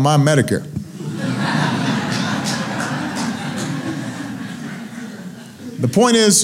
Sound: laughter